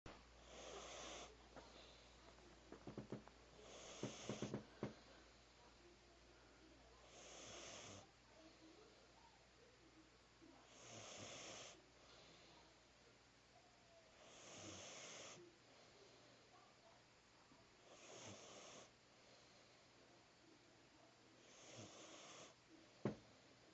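Seven soft, breathy snoring bursts, about 17 per minute, from a sleeping cat.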